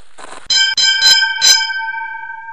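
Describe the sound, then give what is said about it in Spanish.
The bell of School 18 is struck at noon as the children leave, about four times in quick, uneven succession, its bright metallic tones ringing on and slowly fading after the last hit. “Los niños salían a las 12 y tocaron la campana y todo el mundo se fue, pues.”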